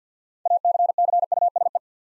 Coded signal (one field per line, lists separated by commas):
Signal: Morse code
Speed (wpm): 47 wpm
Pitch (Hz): 700 Hz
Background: none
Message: ACCUSE